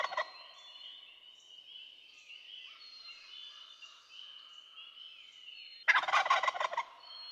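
Wild turkey gobble, a rapid rattling burst near the end, preceded by a long stretch of varied songbird chatter and warbling.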